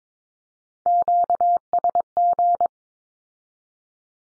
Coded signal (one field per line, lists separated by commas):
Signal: Morse code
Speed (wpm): 22 wpm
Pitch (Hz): 700 Hz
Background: none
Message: QSG